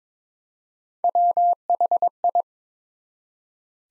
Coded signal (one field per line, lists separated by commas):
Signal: Morse code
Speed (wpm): 22 wpm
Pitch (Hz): 700 Hz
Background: none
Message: WHI